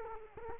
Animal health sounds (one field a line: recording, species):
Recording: mosquito wingbeat signal from an infrared sensor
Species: Culex quinquefasciatus